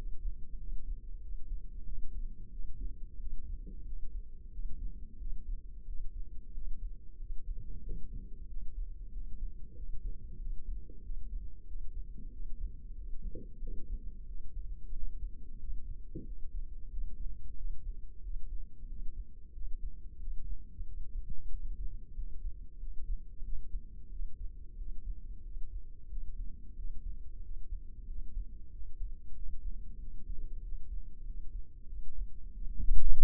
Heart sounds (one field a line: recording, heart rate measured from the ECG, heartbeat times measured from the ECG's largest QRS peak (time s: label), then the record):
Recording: heart sounds by microphone in the left ear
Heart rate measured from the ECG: 92 bpm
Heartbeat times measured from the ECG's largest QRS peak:
0.60 s: heartbeat
1.22 s: heartbeat
1.86 s: heartbeat
2.52 s: heartbeat
3.21 s: heartbeat
3.86 s: heartbeat
4.53 s: heartbeat
5.20 s: heartbeat
5.88 s: heartbeat
6.55 s: heartbeat
7.20 s: heartbeat
7.85 s: heartbeat
8.50 s: heartbeat
9.14 s: heartbeat
9.77 s: heartbeat
10.40 s: heartbeat
11.04 s: heartbeat
11.68 s: heartbeat
12.33 s: heartbeat
12.97 s: heartbeat
13.62 s: heartbeat
14.28 s: heartbeat
14.95 s: heartbeat
15.61 s: heartbeat
16.26 s: heartbeat
16.92 s: heartbeat
17.58 s: heartbeat
18.24 s: heartbeat
18.89 s: heartbeat
19.55 s: heartbeat
20.21 s: heartbeat
20.87 s: heartbeat
21.53 s: heartbeat
22.16 s: heartbeat
22.80 s: heartbeat
23.45 s: heartbeat
24.12 s: heartbeat
24.79 s: heartbeat
25.45 s: heartbeat
26.11 s: heartbeat
26.77 s: heartbeat
27.44 s: heartbeat
28.09 s: heartbeat
28.73 s: heartbeat
29.36 s: heartbeat
30.01 s: heartbeat
30.65 s: heartbeat
31.27 s: heartbeat
31.90 s: heartbeat
32.54 s: heartbeat
33.20 s: heartbeat
From the record:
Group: healthy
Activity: rest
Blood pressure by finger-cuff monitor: 151/96 mmHg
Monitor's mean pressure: 113 mmHg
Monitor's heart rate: 91 bpm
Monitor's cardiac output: 7.2 L/min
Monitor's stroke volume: 79 mL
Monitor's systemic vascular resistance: 1170 dyn s/cm5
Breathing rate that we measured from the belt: 20 breaths a minute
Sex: male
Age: 21 years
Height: 175 cm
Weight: 72.6 kg